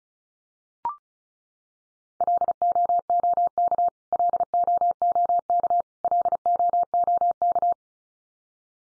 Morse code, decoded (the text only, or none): LOOK LOOK LOOK